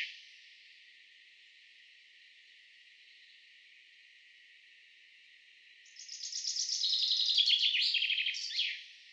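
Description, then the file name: Common chaffinch: several seconds of quiet background hiss, then a common chaffinch delivers one fast, cascading song of sharp notes that falls in pitch and finishes with a flourish. "Fringilla coelebs"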